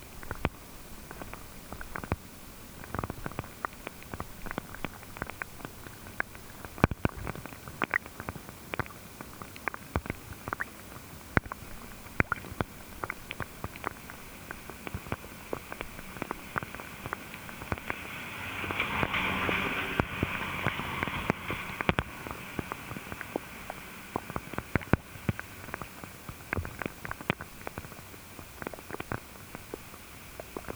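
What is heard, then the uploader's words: Raindrops strike a puddle, heard from underwater as dense, irregular sharp ticks and pops, with a brief brighter hissing swell around twenty seconds. Today, it has rained for most of the entire day. A hydrophone recording of a puddle in the rain. The puddle was under a tree.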